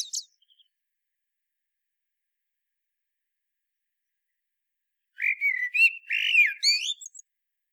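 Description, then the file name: Common blackbird song: a brief high squeak at the start, long silence, then a smooth fluting phrase that ends in sharp rising twitters. "Turdus merula"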